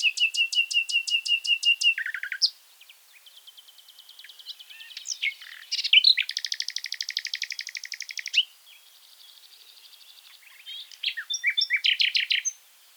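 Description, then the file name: Common nightingale song: rapid repeated high notes, a low throaty dip, a long steady buzzy trill, then another fast series of sharp repeated notes. "Luscinia megarhynchos"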